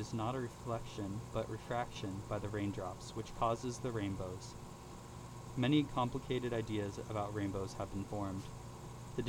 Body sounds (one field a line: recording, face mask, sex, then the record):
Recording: reading aloud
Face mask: surgical mask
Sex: male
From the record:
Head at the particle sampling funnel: tilted down, bridge of the nose in front of it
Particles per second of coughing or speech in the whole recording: 0.135